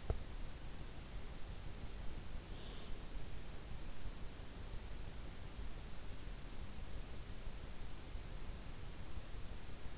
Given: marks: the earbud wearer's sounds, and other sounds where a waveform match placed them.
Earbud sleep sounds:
sounds in sleep by an in-ear microphone; teeth grinding
0.00-0.20 s: teeth grinding

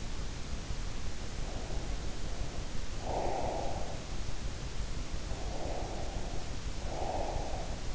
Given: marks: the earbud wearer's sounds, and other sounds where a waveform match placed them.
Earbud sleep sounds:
sounds in sleep by an in-ear microphone; breath
1.29-4.25 s: breath
5.25-7.95 s: breath

